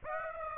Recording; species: mosquito wingbeat signal from an infrared sensor; Aedes aegypti